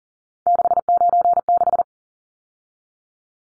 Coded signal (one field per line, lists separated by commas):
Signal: Morse code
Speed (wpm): 40 wpm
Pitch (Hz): 700 Hz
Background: none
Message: 696